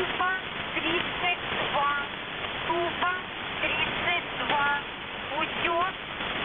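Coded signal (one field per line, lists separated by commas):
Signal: coded military voice message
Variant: Squeaky Wheel, Russian voice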